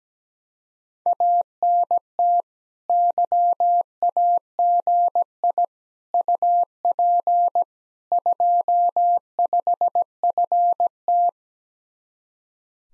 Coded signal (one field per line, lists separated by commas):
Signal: Morse code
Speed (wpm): 17 wpm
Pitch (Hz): 700 Hz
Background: none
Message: ANT YAGI UP 25FT